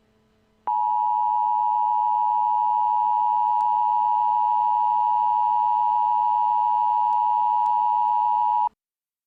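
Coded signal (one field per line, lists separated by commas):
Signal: Emergency Alert System (SAME) tones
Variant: 853 and 960 Hz attention tone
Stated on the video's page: Mock EAS alert for an Alaska tsunami, made on request.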